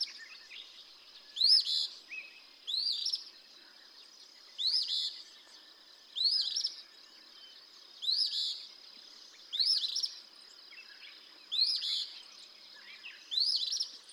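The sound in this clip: Eastern phoebe song: a harsh, buzzy two-part phrase repeated steadily about every one and a half to two seconds against a soft hiss.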